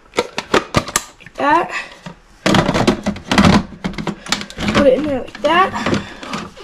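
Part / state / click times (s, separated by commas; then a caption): freezer bowl into ice cream maker base / not seated / none. Someone talks while handling the frozen bowl and lid assembly of a countertop ice cream maker, moving it toward the machine base with a few short knocks and bumps between the words. Nothing has seated or clicked into place yet; the bowl is not yet locked home.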